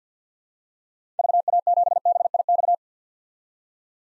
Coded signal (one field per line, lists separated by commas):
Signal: Morse code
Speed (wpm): 46 wpm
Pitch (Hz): 700 Hz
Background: none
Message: VA7BIX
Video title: 2023 POTA Activator Call Signs - 50wpm